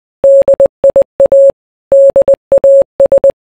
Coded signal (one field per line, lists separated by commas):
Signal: Morse code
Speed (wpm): 20 wpm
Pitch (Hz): 550 Hz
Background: none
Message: DIA DAS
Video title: Dia das Comunicações Navais - Código Morse